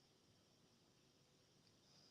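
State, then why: Not seated. An auto-injector pen is pressed against the body while still locked because it was not unlocked first. Only a steady low hiss with faint soft rustling is heard. No click has sounded yet.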